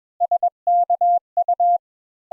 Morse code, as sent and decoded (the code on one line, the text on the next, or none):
... -.- ..-
SKU